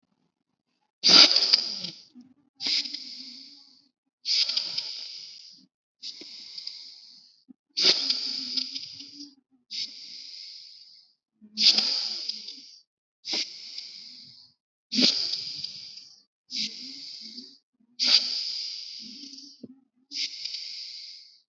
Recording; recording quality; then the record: deep breathing; excellent, no background noise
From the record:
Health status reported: healthy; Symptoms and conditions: none ticked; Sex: male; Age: 27 years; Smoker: not ticked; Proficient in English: yes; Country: India